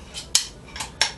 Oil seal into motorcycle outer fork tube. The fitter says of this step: can hear it click when it's in.